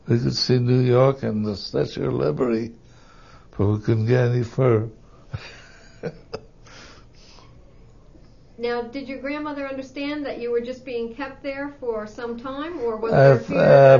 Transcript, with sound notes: We could see New York and the Statue of Liberty, but we couldn't get any further. (he laughs)
Now, how did your grandmother understand that you were just being kept there for some time, or was there a fear that...